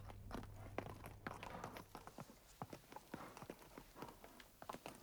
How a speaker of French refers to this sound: Il est grand temps de se mettre en selle, et les chevaux s'énervent.